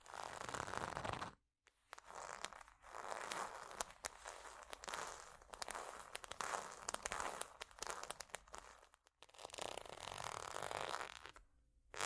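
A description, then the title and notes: Scratching along ridges makes a dense, rasping sound in long strokes, bright and gritty with a zipper-like texture. The strokes run several seconds each, swelling and fading, broken by short silences around 1.5, 9 and 12 seconds. ASMR Scratching Ridges For Tingles （No Talking）.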